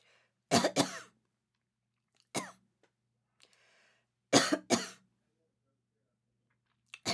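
An adult woman gives a double cough, a single cough, then another double cough, about five bursts over seven seconds, with a faint sniff between them. This is an acted cough and sniff.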